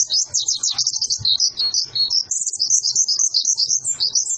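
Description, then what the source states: White-eye delivering a continuous stream of high, rapid chirps and trills, busy and bubbling throughout, with faint low knocks underneath. Cage-bird training recording (masteran) of a vigorously singing (gacor) white-eye.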